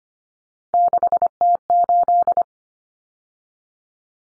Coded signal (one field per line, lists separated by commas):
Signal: Morse code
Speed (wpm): 25 wpm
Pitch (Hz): 700 Hz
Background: none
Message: 6T8